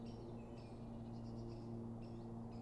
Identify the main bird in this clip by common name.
Great Spotted Woodpecker